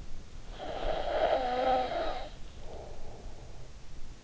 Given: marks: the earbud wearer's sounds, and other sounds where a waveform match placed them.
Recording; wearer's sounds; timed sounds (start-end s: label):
sounds in sleep by an in-ear microphone; snoring breath
0.09-3.75 s: snoring breath